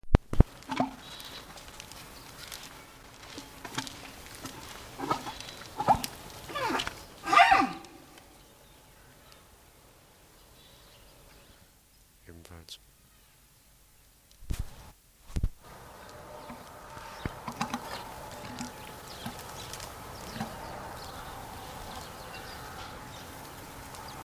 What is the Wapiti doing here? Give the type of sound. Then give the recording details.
call. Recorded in captivity. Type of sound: call. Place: Tierpark Berlin, Berlin, DE. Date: 1983-10-01 10:07. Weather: sunny, 3-10 °C, light winds. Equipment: Nagra SN, Kopie Uher 4000 Report Monitor. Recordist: Tembrock, Günter. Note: Altai-Maral